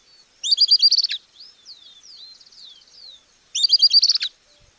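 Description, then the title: Southern beardless tyrannulet with two short, rapid series of high twittering notes, separated by faint thin whistled calls. Nominate subspecies Camptostoma obsoletum obsoletum. "LuckyPassaro Completos2Sama. Southern Beardless Tyrannulet (Camptostoma obsoletum obsoletum)"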